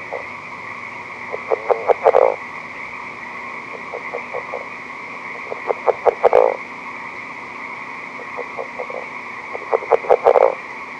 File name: r draytonii